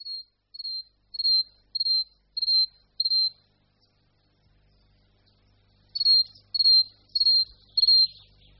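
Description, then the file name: Great tit song, a high clear note repeated in two runs separated by a short pause, with faint low rumble in the second half. "Sýkora-koňadra"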